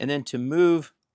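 A person handles the metal adjuster ring on a cable-style RadiusCX motorcycle auto clutch cable adjuster, about to rotate it one detent position to change the free play gain. Only someone talking is heard over about a second before the clip falls silent. Nothing has clicked or seated yet.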